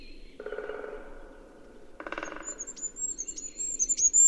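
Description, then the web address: Bird calls: two harsh buzzy notes, then thin, high-pitched twittering with quick downward flicks, over a low steady hum. "Bird Only"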